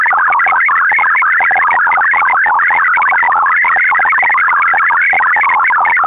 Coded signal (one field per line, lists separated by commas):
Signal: multi-tone FSK (Olivia or MFSK type)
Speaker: je hebt om de dader te ontvangen in eerste instantie alleen fl digi nodig